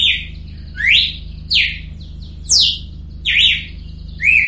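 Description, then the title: Red-cowled cardinal song of loud whistled notes, some rising and some falling steeply, given about once a second over a steady low hum. Female; singing in nature. "Canto Galo Campina Fêmea. Galo de Campina Cantando na Natureza ( Canto de Pássaros )"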